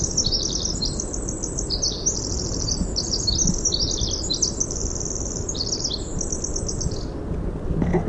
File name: WIWR song